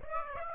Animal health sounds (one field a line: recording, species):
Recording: mosquito wingbeat signal from an infrared sensor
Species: Aedes aegypti